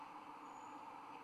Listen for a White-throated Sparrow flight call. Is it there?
no